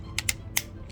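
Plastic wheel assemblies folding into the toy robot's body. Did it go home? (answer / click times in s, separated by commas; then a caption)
yes / 0.2 s, 0.3 s, 0.6 s. The plastic wheels on a Transformers HasLab Robots in Disguise 2001 Omega Prime toy robot are folded up into its body, giving sharp, bright plastic clicks at 0.2, 0.3 and 0.6 seconds over a low background hum. The wheels click into place and lock.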